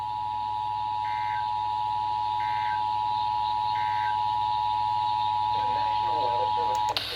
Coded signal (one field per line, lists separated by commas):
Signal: Emergency Alert System (SAME) tones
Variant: 853 and 960 Hz attention tone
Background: speech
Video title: Dark n Stormy Night. | EAS Alerts from 9/21-22/24 | EAS#1,518-1,582